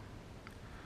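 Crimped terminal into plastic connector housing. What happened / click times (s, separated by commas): The terminal clicked into the connector housing / 0.5 s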